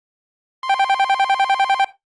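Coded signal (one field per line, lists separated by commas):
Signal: none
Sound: phone's electronic ringtone warble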